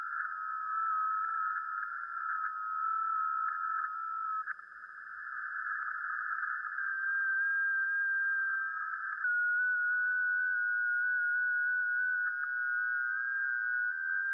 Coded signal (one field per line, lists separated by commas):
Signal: FT8